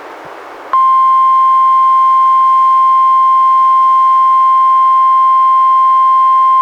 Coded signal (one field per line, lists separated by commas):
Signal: Emergency Alert System (SAME) tones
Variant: 1050 Hz attention tone